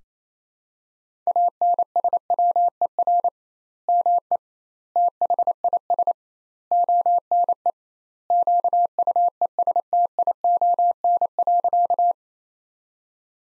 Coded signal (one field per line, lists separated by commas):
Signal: Morse code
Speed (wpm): 28 wpm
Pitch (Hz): 700 Hz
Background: none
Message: ANSWER ME THIS ONE QUESTION.